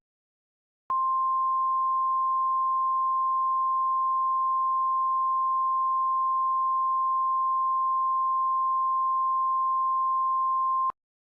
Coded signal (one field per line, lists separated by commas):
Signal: Emergency Alert System (SAME) tones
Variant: 1050 Hz attention tone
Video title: Eas